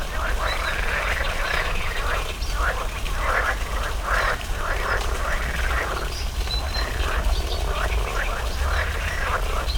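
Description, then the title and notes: Frogs croaking in a thick chorus of short harsh pulses, steady throughout, with a heavy low rumble. Frogs in a small pond at the Orto Botanico botanical garden, Bologna, Italy, 5 July 2018; croaking noted on spring mornings. "05.07.18 Rane allOrto Botanico. There is also a small pond populated with frogs croaking on spring mornings. Recorded for the Zona U sound mapping project"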